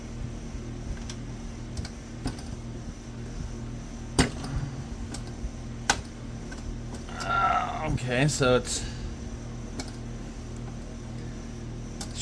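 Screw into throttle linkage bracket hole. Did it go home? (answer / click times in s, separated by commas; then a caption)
no / none. A screw is driven into a freshly lined-up hole in the throttle linkage bracket while fitting the cable-driven throttle on a supercharged McCulloch chainsaw mockup, with small sharp ticks over a steady hum, a louder snap near 5.9 s, and someone talking around 7 to 9 s. The screw fails to bite and its thread strips out, so nothing seats or clicks into place.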